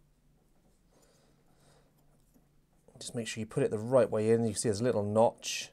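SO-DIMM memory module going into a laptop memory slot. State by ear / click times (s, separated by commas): not seated / none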